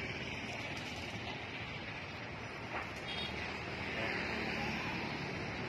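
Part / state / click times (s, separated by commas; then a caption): scooter seat latch over the storage compartment / not seated / none. A scooter seat over the fuel filler and storage compartment is being handled and brought down to close, with steady broadband noise like nearby vehicles or traffic throughout. The seat has not latched or clicked yet by the end.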